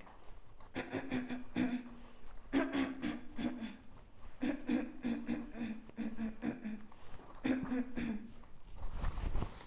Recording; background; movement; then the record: throat clearing; quiet; walking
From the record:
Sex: female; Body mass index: 36.4 kg/m2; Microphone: on the chest, facing outward